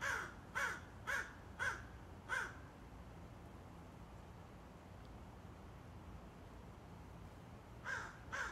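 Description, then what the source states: Crow cawing, five harsh calls spaced about half a second apart, a long quiet stretch, then two more caws at the end over a soft background hiss. Several crows, cawing.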